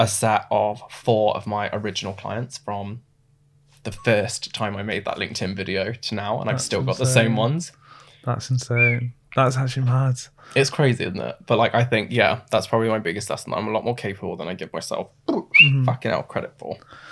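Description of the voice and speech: An adult man speaks in relaxed conversational speech, broken by a pause and then a sudden out-of-place swear mid-sentence, a vocal tic (coprolalia) of Tourette syndrome, which was diagnosed suddenly in his early twenties.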